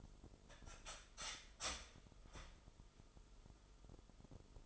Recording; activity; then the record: daily activity, microphone in the room; start toaster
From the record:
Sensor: 5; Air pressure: 988.7 hPa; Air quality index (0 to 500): 229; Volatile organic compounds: 164 ppm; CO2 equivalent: 4080 ppm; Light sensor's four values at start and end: 40/124/48/51 and 40/124/48/51